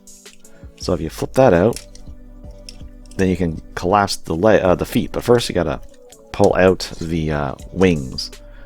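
Someone talks while handling a 1/100 scale plastic model kit, flipping out a locking tab and starting to pull out the plastic wings toward their locking position on the backpack. A few faint handling ticks sound beneath the speech, but the clip ends before the wings go home, and nothing has clicked or locked into place yet.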